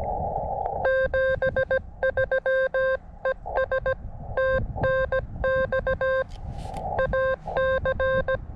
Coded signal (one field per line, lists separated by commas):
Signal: Morse code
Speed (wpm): 17 wpm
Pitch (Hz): 530 Hz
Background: none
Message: 73 ES TNX AC